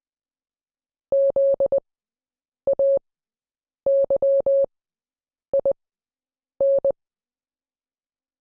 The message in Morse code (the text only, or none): ZAYIN